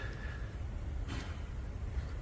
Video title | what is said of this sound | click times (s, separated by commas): Here's How I Fixed This Car Computer and Saved tons of Money. | where's my click | none